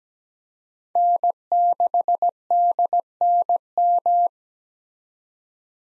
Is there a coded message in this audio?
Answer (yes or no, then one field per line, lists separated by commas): yes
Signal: Morse code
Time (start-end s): 1.0-4.3 s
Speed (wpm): 17 wpm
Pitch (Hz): 700 Hz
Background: none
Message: N6DNM